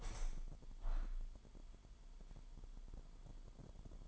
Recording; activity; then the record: daily activity, microphone in the room; open window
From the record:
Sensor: 5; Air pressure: 998.7 hPa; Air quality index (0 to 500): 106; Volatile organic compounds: 2 ppm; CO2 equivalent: 1222 ppm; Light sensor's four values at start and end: 52/129/53/61 and 52/129/53/61